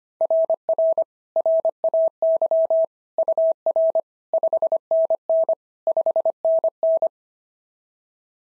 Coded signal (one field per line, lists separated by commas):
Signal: Morse code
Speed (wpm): 23 wpm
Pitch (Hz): 650 Hz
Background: none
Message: RR RAY UR 5NN 5NN